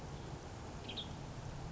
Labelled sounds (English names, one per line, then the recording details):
Western Tanager
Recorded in Sonoma County, California